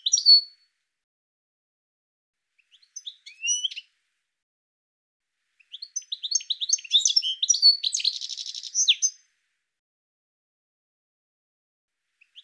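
Bird calls: a short high note, then a brief burst of descending chirps, and later a dense twittering run with a buzzy trill, against near silence.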